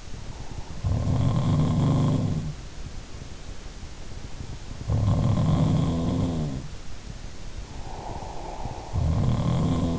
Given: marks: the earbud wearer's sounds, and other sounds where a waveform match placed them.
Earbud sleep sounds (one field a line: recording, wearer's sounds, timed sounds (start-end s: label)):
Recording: sounds in sleep by an in-ear microphone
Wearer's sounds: breath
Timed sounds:
0.00-1.26 s: breath
0.67-2.80 s: sound from someone else or the room
4.68-6.74 s: sound from someone else or the room
7.63-9.45 s: breath
8.94-9.99 s: sound from someone else or the room